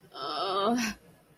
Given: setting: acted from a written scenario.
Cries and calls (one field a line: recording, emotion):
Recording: vocal sound without words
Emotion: shame